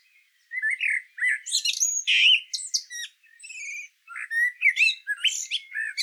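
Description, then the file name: Common blackbird giving rich, varied fluty whistles mixed with high squeaky twitters in rambling phrases. "Turdus merula"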